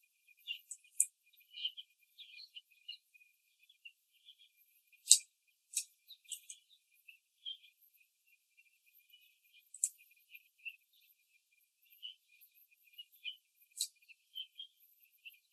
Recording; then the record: young laying hens in a cage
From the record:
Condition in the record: before the stressor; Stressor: simulated dog barking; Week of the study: 2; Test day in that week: 3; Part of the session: 3